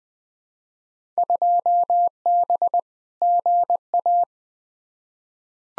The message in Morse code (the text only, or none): 2B GA